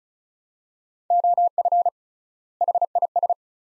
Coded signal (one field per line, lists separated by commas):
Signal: Morse code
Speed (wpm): 34 wpm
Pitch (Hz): 700 Hz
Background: none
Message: OF HIS